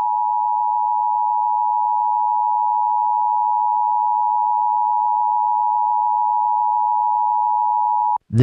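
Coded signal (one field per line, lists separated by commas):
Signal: Emergency Alert System (SAME) tones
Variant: 853 and 960 Hz attention tone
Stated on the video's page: Required Monthly Test on an FM broadcast station, originating the message for South Central Michigan EAS participants; header codes RMT event.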